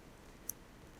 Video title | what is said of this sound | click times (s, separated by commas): Needle Punched Coasters | or down and then into the next setting and then just bend it to the center to hear it clicking | 0.5 s